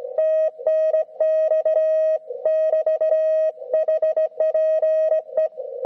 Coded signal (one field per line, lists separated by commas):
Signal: Morse code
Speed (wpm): 17 wpm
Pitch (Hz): 630 Hz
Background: none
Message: TNX <BT> HPE